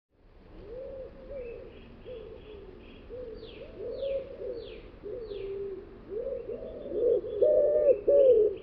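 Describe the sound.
Bird cooing in a loose, continuous run of hollow notes that grow louder toward the end, while another bird adds short, sharp descending chirps above.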